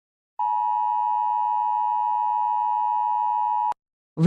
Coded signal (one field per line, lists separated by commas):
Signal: Emergency Alert System (SAME) tones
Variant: 853 and 960 Hz attention tone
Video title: EAS Scenario #38: Chernobyl Wolf Rampage.